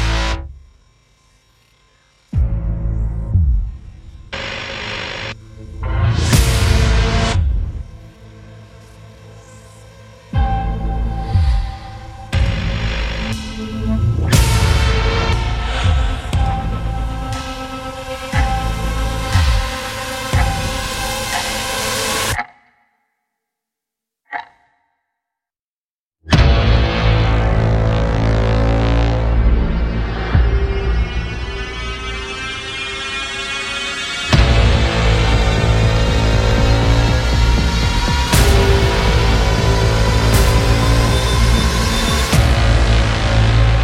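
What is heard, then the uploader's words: An agitated low drone is broken up by violent hits that arrive in bursts over the first twenty seconds, growing denser and louder. After a near-silent gap with a single faint blip, a huge, harsh braam roars in and holds to the end, with more hits striking through it. An agitated drone with distant soft pings gets lacerated and twisted by a demented braam and violent hits.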